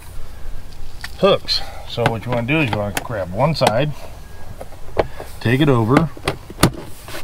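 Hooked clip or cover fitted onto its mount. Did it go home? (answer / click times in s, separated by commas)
yes / 6.6 s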